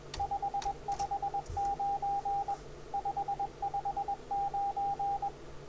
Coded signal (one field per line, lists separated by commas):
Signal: Morse code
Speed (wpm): 21 wpm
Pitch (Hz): 800 Hz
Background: radio noise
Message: 559 559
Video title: A Keyboard CW QSO